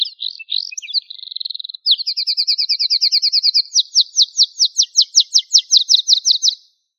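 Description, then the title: Bird song opening with quick chirps and a short steady trill, then a long series of rapid repeated notes that gradually spread out and slow. "LuckyPassaros CompletosSama"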